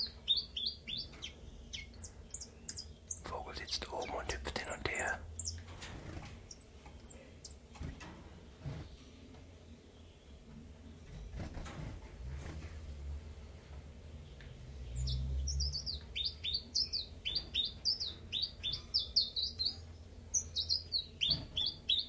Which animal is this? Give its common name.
Common Chiffchaff